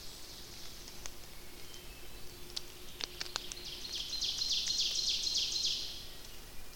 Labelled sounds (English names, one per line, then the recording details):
Ovenbird song
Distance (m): 65 m
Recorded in boreal forest in Alberta, Canada, on 29 May 2016 at 06:18
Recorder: SongMeter 3, array SBT-3-49
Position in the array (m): 115 m, 234 m
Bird 14